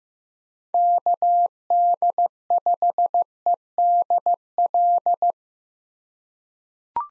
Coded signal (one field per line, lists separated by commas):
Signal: Morse code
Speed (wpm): 15 wpm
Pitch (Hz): 700 Hz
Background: none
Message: KD5EDL